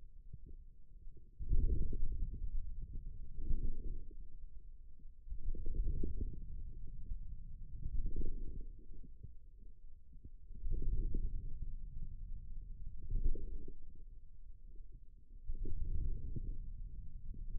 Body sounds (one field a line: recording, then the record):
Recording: forearm muscle sounds (acoustic myography)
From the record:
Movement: ulnar deviation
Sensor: system 2, bracelet of six BSWA MPA416 microphones around the upper forearm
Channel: 4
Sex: male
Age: 22 years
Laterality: right